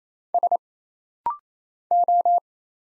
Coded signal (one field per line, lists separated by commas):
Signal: Morse code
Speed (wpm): 27 wpm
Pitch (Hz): 700 Hz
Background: none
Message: S O